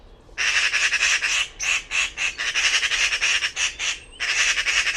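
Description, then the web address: Bird squawking: harsh, raspy notes in fast, uneven pulsed runs, almost continuous, with one short whistled slide near the end. "cianscape birddata Deverinetal"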